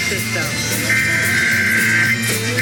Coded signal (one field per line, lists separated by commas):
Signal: Emergency Alert System (SAME) tones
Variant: header bursts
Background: speech